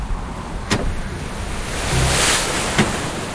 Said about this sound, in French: La mer s'agite.